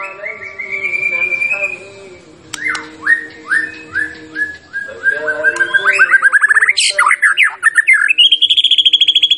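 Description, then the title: White-rumped shama: songbird giving a drawn-out whistle, then spaced downslurred notes building into rapid repeated chips and a quick high trill. Champion bird; masteran training sound. "Masteran Murai Batu Juara"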